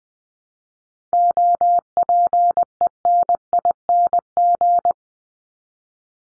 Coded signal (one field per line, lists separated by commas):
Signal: Morse code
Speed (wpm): 20 wpm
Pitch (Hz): 700 Hz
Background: none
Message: OPENING